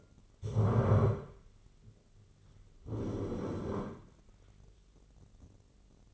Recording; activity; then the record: daily activity, microphone in the room; stand up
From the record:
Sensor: 4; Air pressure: 1010.1 hPa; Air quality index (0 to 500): 182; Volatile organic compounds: 2 ppm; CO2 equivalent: 1316 ppm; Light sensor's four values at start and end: 43/105/44/48 and 43/105/44/48